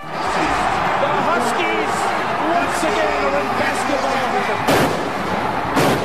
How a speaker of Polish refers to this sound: Taka atmosfera panowała zaraz po zakończeniu finału. Wybuch radości, szaleństwo na parkiecie i niezwykła radość koszykarzy Connecticut.